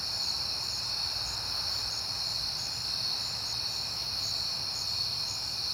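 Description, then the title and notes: Steady cricket chorus, a high buzzing trill with pulsed beats, and a light low hum beneath. Crickets recorded on a peaceful night in September; the recordist has been hearing them a lot lately. "Night Time: Crickets and Passing Cars. It is September and I have been hearing the crickets a lot"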